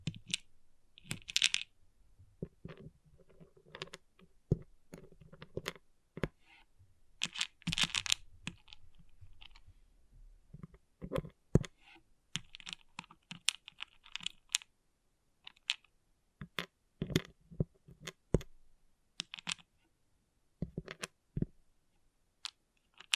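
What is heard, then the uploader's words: Small plastic pixel art beads click and tap in quick irregular bursts with short pauses between. Around the first and eighth seconds a brighter rattling swell suggests beads being stirred or poured. ASMR Relaxing Pixel Art Beads ( No Talking).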